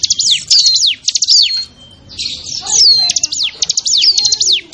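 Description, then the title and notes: Bar-winged prinia calling, bursts of rapid high buzzy ticks followed by sharply falling whistled slurs, repeated in short phrases with brief pauses. Noisy small-bird (burcil) lure call used to attract wild birds. "Suara Pikat Burcil Ribut. Burung Liar. ciblek"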